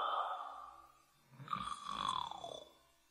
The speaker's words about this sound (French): Il dormait d'un profond sommeil et ronflait très fort.